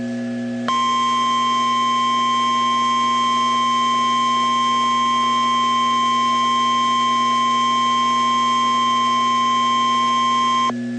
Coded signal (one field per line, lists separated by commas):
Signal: Emergency Alert System (SAME) tones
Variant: 1050 Hz attention tone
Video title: DOUBLE HEADER Severe Thunderstorm Warnings (EAS #210+#211)